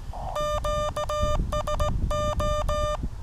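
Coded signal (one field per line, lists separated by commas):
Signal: Morse code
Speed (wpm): 17 wpm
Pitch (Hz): 600 Hz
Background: none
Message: QSO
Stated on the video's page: Morse CW sent on a QCX Mini transceiver.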